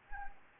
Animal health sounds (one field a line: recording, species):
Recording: mosquito wingbeat signal from an infrared sensor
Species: Anopheles arabiensis